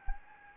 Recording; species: mosquito wingbeat signal from an infrared sensor; Anopheles gambiae